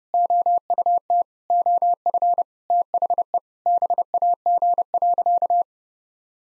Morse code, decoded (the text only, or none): OUT OF THE BAG.